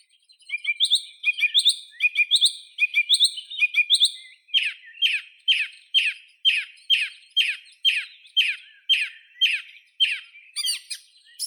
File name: Drozd pevchij Turdus philomelos